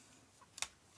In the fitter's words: think you have to sort of put it in like that and then it clicks into place down at bottom